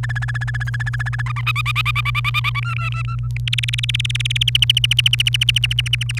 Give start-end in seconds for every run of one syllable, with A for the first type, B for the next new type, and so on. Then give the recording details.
0.03-1.22 A, 1.26-2.60 B, 2.63-3.27 C, 3.47-4.50 D, 4.55-6.19 E. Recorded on 28 April 2018 at 09:29. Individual llb3